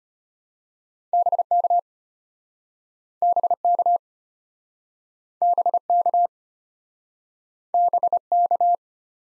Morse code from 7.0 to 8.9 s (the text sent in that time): BK